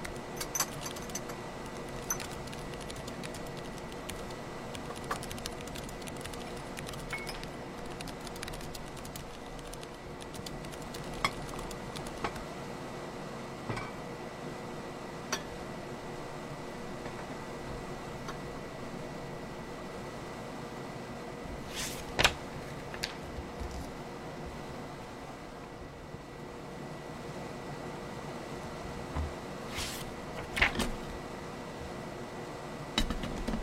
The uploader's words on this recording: Late-night coffee bar in 2024, typing, handwriting, flipping through.